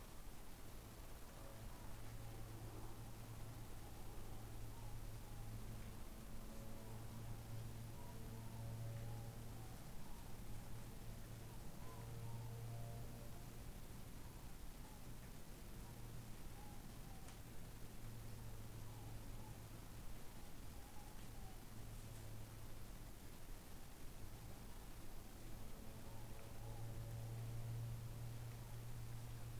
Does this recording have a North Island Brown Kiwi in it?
no